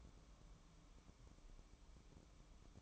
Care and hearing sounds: daily activity, microphone in the room; take from stove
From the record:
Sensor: 1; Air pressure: 1008.0 hPa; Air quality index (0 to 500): 128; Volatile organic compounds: 2 ppm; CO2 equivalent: 1078 ppm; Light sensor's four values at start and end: 8/19/8/8 and 8/19/8/8

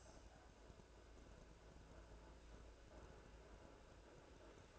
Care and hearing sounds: daily activity, microphone in the room; make coffee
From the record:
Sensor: 2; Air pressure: 1009.2 hPa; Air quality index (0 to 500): 187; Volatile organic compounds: 11 ppm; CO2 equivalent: 2321 ppm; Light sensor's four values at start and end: 23/58/24/27 and 23/58/24/27

